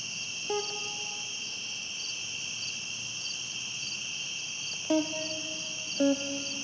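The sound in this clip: Cricket trilling continuously at two high pitches, the upper band pulsing, while three short, lower, tonal harmonic calls break in near the start and end.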